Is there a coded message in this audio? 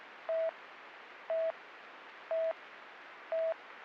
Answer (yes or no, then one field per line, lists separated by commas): no